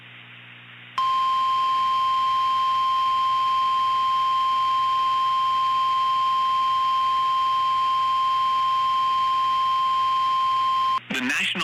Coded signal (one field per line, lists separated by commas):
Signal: Emergency Alert System (SAME) tones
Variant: 1050 Hz attention tone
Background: speech